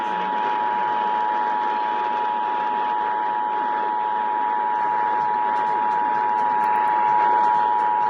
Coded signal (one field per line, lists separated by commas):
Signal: Emergency Alert System (SAME) tones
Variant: 853 and 960 Hz attention tone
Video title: EAS #1080-1081 SE MI RMT on WJR-AM and WFDF-AM